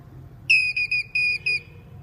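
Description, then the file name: Squirrel calling with one burst of about five quick, clear, high whistled notes over a faint low hum. Male squirrel calling. "Tieng soc duc keu"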